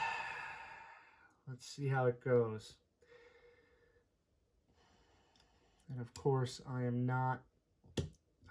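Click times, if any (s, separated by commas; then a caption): 8.0 s. A metal internal part of a folding knife is pressed into the knife handle during reassembly. Someone talks, and then the part seats with a sharp snap at 8.0 s, snapping into place.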